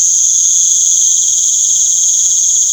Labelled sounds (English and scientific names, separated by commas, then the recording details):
none
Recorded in pastures near Puerto Asís, Putumayo, Colombia, on 29 June 2025 at 19:00
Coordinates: 0.497, -76.327
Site G040